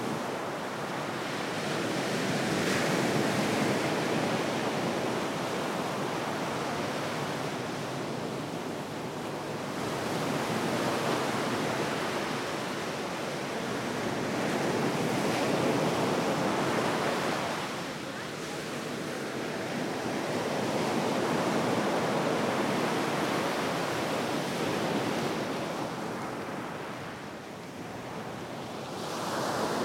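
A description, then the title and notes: Waves wash up on the beach at Coney Island in a continuous hiss of surf that swells and eases every few seconds. Louder surges come at about 3, 15 and 22 seconds, with quieter dips between them and a brief lull near 27 seconds. Coney Island Beach Tides by Bandeto.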